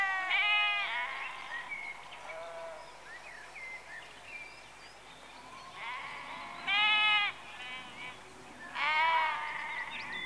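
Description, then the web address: Sheep bleating, a bleat at the start and quieter bleats, then two louder wavering bleats toward the end about two seconds apart. Rural exterior atmosphere in early evening, with sheep recorded close. "Sound Effects Library Exterior Atmospheres-Rural Backg Sheep Early Evening- Close"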